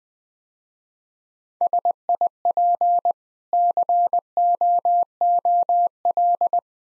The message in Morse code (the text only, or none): SIP COOL